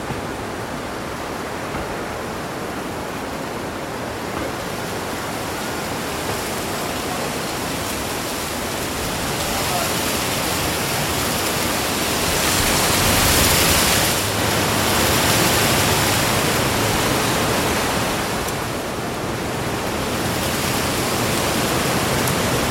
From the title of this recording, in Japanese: そよ風の吹く夏の日、ざわめく葉と鳥のさえずり